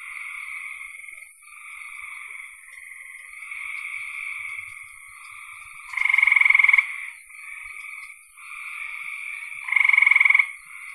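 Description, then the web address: Frog calls: drawn-out buzzy trills, with two loud, fast-pulsed rattling calls about four seconds apart. "cn frogs"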